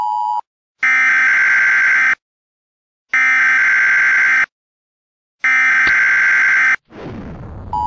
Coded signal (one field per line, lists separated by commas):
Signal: Emergency Alert System (SAME) tones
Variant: header bursts